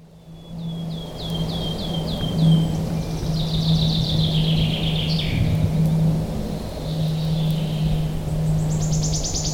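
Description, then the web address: Wood warbler singing a series of short, quickening notes, then a high buzzy trill, with another trill at the end, over a steady low hum. "linnut sirittaja"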